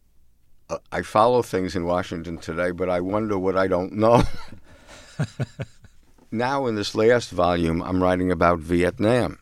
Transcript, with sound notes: I follow things in Washington today, but I wonder what I don't know.
(LAUGHTER)
Now, in this last volume, I'm writing about Vietnam.